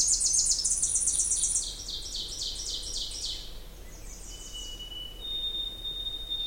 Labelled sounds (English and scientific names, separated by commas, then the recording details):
Ovenbird (Seiurus aurocapilla) song
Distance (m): 30 m
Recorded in boreal forest in Alberta, Canada, on 20 June 2016 at 07:19
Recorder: SongMeter 3, array SBT-6-81
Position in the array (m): 32 m, 240 m
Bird 26